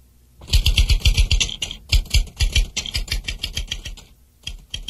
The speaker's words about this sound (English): Listen. Is this a typewriter? Yes. Yes, it is.